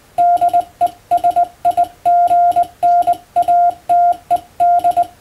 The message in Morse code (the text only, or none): DESIGNATED